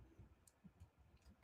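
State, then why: Not seated. A removable part of a 3D-printer or RC assembly is handled as it goes back toward its mount, producing soft low taps and light ticking, with a brief sharp tick near 0.5 s. Nothing has seated or clicked into place yet.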